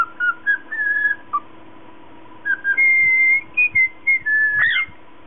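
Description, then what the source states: Cockatiel whistles: a few soft short notes, a pause, then louder long level whistles ending in a sharp swooping chirp; steady hum beneath. Lutino colour variety.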